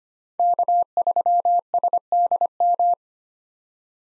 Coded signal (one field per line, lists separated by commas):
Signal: Morse code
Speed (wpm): 25 wpm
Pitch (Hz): 700 Hz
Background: none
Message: K3SDM